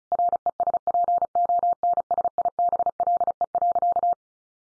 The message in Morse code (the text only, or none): RESPONSIBLE.